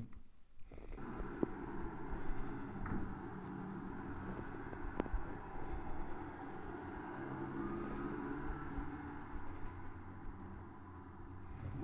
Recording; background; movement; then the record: deep breathing; traffic; sitting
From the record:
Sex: male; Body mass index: 23.7 kg/m2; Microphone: on the chest, facing the body